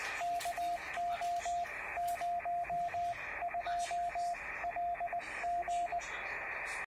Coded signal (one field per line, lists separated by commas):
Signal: Morse code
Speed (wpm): 19 wpm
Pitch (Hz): 700 Hz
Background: radio noise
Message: KO02LG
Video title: 4m test QSO SP5ELA - SQ5BPF